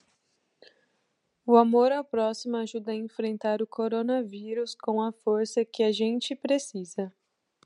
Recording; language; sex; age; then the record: spoken sentence; Brazilian Portuguese; female; 20 to 29 years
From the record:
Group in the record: control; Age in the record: 24 years